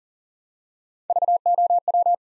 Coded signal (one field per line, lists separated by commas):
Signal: Morse code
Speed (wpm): 38 wpm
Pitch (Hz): 700 Hz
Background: none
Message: VOW